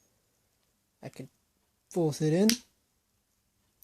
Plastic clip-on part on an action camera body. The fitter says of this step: You can hear a little click, but